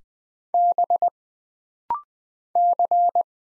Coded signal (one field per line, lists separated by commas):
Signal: Morse code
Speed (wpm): 20 wpm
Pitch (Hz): 700 Hz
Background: none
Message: B C